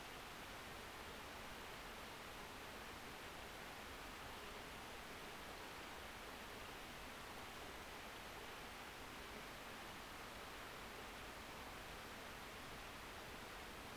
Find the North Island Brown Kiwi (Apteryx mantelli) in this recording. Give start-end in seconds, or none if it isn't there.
none